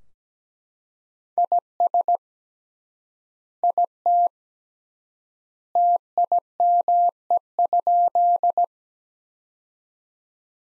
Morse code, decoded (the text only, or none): IS IT TIME?